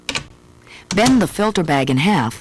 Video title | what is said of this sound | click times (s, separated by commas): The Kirby G4 Vacuumn Cleaner Video Owners Manual 1993 | then push the portable handle into the same slot until it snaps into place | 0.1 s